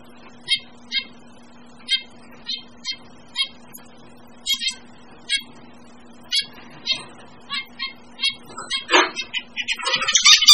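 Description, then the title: Bird calls, short bright harmonic notes repeated every half second to a second, a harsher chattering burst near the end, over a low steady hum. "manuk campur"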